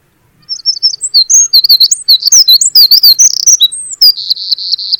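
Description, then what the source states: Eurasian wren song: loud, rapid high-pitched outpouring of warbled notes and quick trills, ending in a sustained even buzzy trill. Astonishingly loud, sustained song for such a small bird; the only wren species in Ireland.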